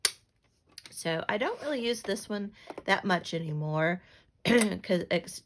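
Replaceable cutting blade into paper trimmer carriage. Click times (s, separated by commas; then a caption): 0.1 s. A replaceable cutting blade is snapped back into the plastic holder of a paper trimmer carriage, giving a sharp click at 0.1 s as it seats. After a short pause, someone talks.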